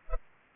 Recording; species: mosquito wingbeat signal from an infrared sensor; Culex pipiens